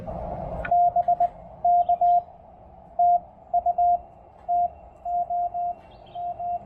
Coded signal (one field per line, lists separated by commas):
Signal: Morse code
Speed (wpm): 20 wpm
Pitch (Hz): 700 Hz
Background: radio noise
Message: BK TU TOM